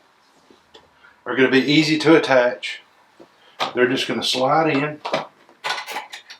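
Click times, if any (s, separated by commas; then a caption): none. An embroidery hoop is handled and slid toward the carriage arm of a Brother PR680W commercial embroidery machine while someone talks, with a few faint handling ticks around 0.8 s, 5.5 s and 6.1 s. The clip ends before the hoop goes home, so nothing has seated or clicked into place yet.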